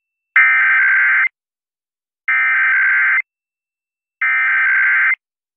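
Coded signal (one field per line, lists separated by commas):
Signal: Emergency Alert System (SAME) tones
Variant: header bursts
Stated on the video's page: Weekly and monthly EAS tests received from broadcast stations.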